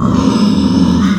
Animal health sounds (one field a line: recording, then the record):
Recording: squeal of a Yucatan mini pig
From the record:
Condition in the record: after surgery on the right vocal fold (resection and tissue-engineered implant)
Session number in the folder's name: 12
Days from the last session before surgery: 105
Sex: female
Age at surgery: 19 weeks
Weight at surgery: 25 kg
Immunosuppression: prednisolone